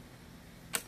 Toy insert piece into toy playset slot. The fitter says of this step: right so there's two clicks it takes it's kind of different because the clicks aren't aren't